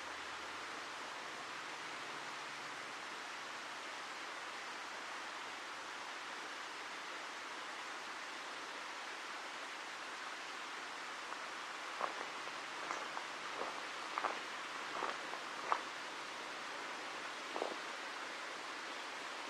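Steady rushing water-like hiss in Ancient Forest Preserve, joined after twelve seconds by a cluster of short, bright calls, with one more near the end.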